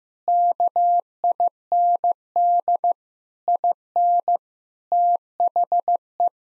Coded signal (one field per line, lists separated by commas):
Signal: Morse code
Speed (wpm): 15 wpm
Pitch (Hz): 700 Hz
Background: none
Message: KIND IN THE